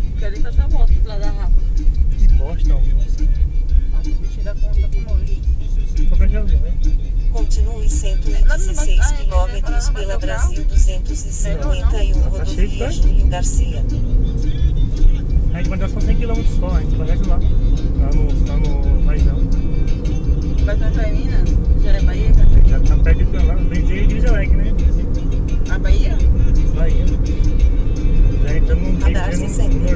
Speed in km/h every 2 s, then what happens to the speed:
26, 28, 26, 27, 25, 26, 37, 46, 57, 62, 65, 67, 69, 73, 76.
0-10 steady at about 26. 10-30 speeds up to 76.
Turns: none.